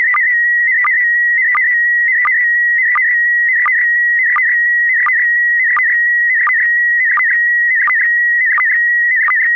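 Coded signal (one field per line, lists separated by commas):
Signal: SSTV (slow-scan television)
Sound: steady high whistle with small warbles and a regular low blip about every 0.7 s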